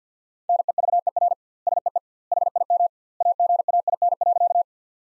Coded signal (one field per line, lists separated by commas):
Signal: Morse code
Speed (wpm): 45 wpm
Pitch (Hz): 700 Hz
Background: none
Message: NEVER SEE HIM AGAIN.